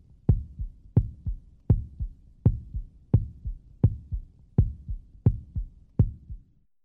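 Steady, regular low thumps at about 83 beats a minute, each beat a strong thud followed by softer, muffled echoes, with no whooshing between beats. A normal adult human heartbeat in a hospital setting.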